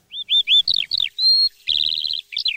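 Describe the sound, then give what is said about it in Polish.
A songbird sings in a forest at night, a lively, varied phrase of high, bright chirps, slurred whistles and a rapid trill, loud and clear with brief pauses and no voices. “Jak w lesie, jak na wsi. Śpiew ptaków cisza.”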